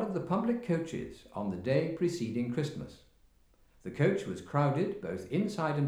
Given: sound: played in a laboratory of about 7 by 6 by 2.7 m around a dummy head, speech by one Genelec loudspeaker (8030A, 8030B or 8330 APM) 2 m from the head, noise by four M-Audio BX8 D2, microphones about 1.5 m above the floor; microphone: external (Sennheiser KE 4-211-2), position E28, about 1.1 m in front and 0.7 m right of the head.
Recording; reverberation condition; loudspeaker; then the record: male speech in English; medium; in front (0 degrees)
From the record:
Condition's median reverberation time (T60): about 510 ms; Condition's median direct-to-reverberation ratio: about -0.5 dB